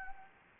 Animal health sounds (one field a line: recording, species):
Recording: mosquito wingbeat signal from an infrared sensor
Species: Anopheles gambiae